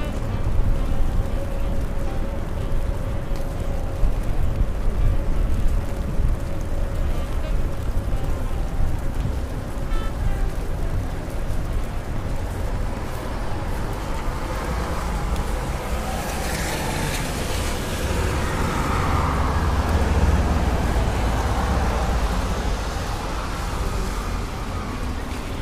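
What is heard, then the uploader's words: Rainy New York street with a steady low traffic rumble and hiss, as a vehicle swells past brightly around sixteen to twenty-two seconds. Raining Day In New York.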